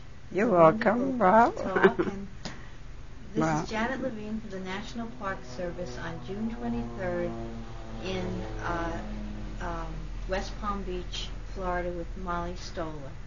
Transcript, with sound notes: You're welcome. ( she laughs )
This is Janet Levine for the National Park Service on June 23rd. ( sound of an airplane is heard ) I'm in West Palm Beach, Florida, with Molly Stoller.